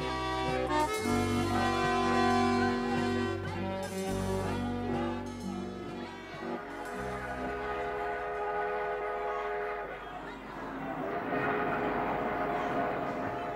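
A train pulls in to the station at the town of Chernomorsk: loud, sustained horn tones sound in long blasts for several seconds, then give way to a steady rumbling, hissing clatter of the wheels.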